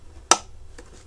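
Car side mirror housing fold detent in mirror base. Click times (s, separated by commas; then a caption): 0.3 s. A reassembled Jeep Commander side mirror housing is folded back out by hand until the fold detent in the mirror base catches, giving one sharp snap at 0.3 s followed by a faint softer tick at 0.8 s. The mirror has locked into place, though it is still a little floppy.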